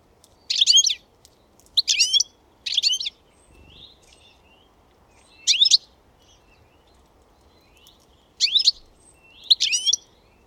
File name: Carduelis carduelis